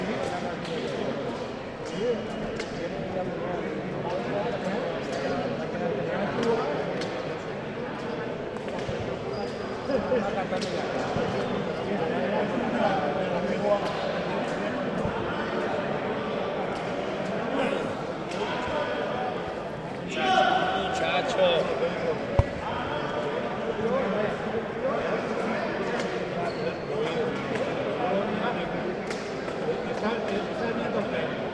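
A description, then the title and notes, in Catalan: A Valencian pilota match heard amid a steady, dense murmur of crowd voices. Sharp, echoing ball strikes crack out irregularly, a few seconds apart, with a louder burst of voices around the twenty-second mark before the chatter settles back. Sergio Sánchez - Pilota Valenciana.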